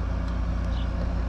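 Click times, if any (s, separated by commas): none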